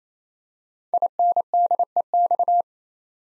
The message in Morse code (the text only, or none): INDEX